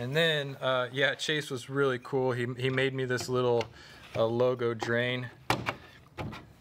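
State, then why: Seated. Someone talks, then a small logo shower drain grate is pressed into its drain body or frame. It pops in with a sharp snap at 5.5 s, followed by a few fainter knocks, and the grate is seated.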